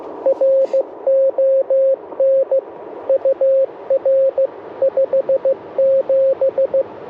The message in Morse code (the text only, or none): RON UR 57